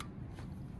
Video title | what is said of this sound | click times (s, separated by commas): How to make a Cat5e Ethernet Cable | and you just got to plug it in you can see it should you should hear a little Click | 0.0 s